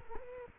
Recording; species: mosquito wingbeat signal from an infrared sensor; Culex quinquefasciatus